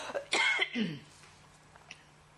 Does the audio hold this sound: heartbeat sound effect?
no